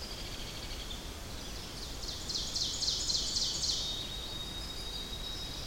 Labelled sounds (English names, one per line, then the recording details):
Ovenbird song
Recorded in boreal forest in Alberta, Canada, on 10 June 2016 at 08:56
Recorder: SongMeter 3, array SBT-3-39
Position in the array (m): 212 m, 176 m
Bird 17